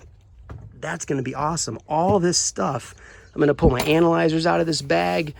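A plastic Milwaukee Packout tool storage box, taken off its van-mounted plate by squeezing the release tab, is put back on and latches onto the plate with a sharp click at 0.5 s, so it stays locked and stable while driving. The box is seated, and someone then talks.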